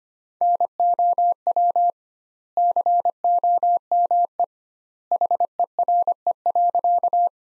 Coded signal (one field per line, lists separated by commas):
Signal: Morse code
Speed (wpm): 25 wpm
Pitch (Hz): 700 Hz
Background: none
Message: NOW COME HERE.